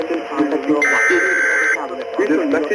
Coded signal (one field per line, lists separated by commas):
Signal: Emergency Alert System (SAME) tones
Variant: header bursts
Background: speech